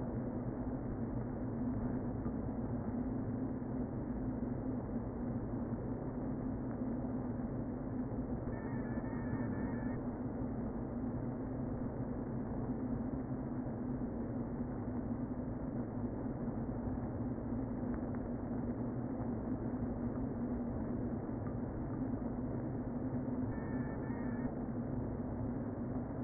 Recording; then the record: honeybee colony, microphone inside the hive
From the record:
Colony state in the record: queen present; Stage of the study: before two queens were removed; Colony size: about 60,000 bees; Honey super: yes